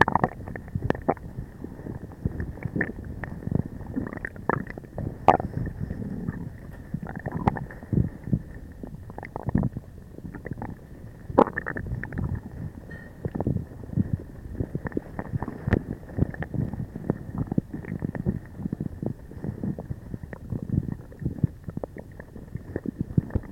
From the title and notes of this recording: This discourse is all about multitracking guts, abdomens, bellies, and naval chambers with our Husoscope stethoscope microphone.